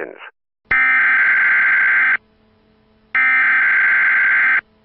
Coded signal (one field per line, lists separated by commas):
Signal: Emergency Alert System (SAME) tones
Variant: header bursts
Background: speech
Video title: Kansas City Emergency Broadcast System North Korea Nuke Prank